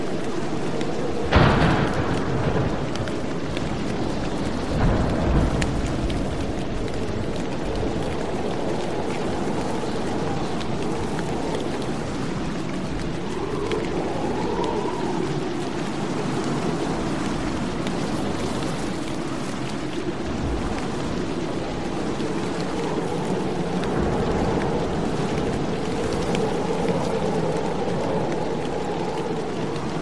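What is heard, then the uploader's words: Steady, dense rain hisses throughout with a deep rumbling undertone, broken by a sharp thunder crack near the start. Serene thunderstorm ambiance. Tranquil soundscape with thunder and rain.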